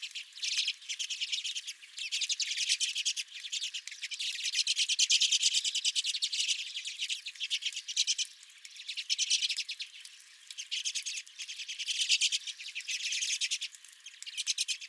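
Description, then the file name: Redpolls in continuous chattering, a thick wash of rapid high chips and trills rising and falling in loudness across fifteen seconds. Redpolls at the recordist's own feeder. "Redpolls at My Feeder"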